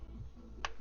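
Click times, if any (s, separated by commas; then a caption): 0.7 s. An engine part that fits in only one position is pushed into its seat in the engine cover of a black Audi A6 C7, against a seal. Over a low background hum, a single sharp click sounds at 0.7 s. The part is seated.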